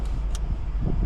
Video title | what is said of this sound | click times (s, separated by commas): VW GOLF R MK7.5 2.0 TSI 4MOTION £20 DSG PADDLE SHIFTER UPGRADE! | there we are that's clicked 10 also I didn't even realize when it goes in it makes a little click | 0.3 s